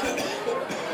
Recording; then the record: coughing mixed with background sound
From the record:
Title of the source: Spring Cold Coughing 3